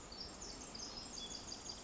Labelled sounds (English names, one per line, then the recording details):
Pacific Wren
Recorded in Sonoma County, California